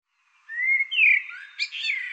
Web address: cianscape birddata Deverinetal 2025 Bird Tu Me Tu Me